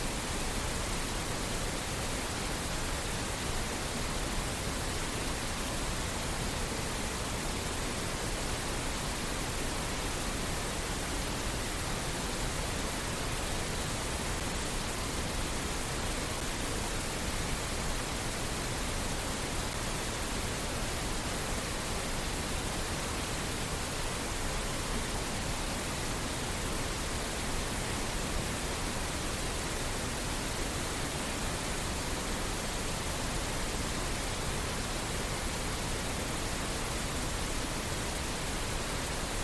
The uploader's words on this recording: Pink noise is a type of sound with a frequency spectrum that decreases by 3 decibels per octave. This means that lower frequencies have more power than higher frequencies, giving pink noise a softer, more calming sound than white noise.